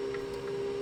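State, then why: Not seated. An upgraded hardened extruder assembly for a K2 Plus 3D printer is being handled and pressed onto the printhead mount. A steady low hum runs throughout, with only faint, soft handling sounds above it. Nothing has clicked or seated yet.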